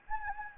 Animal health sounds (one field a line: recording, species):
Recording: mosquito wingbeat signal from an infrared sensor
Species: Anopheles gambiae